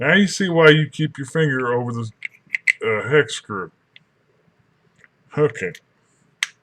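A magazine cap is pressed back onto the polymer body of a Ruger 10/22 rotary rifle magazine during reassembly after cleaning. Someone talks, then after a few faint small ticks the cap snaps home with one sharp click at 6.4 s, seating it back in place.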